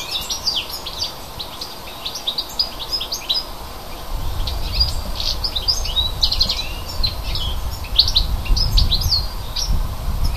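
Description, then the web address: Bird song: many short high chirps and twittering notes overlapping throughout, with a low rumbling noise building from about four seconds on. Native bird at a hedge in February. "oeko hecke vogel februar vogel f 5 heimisch"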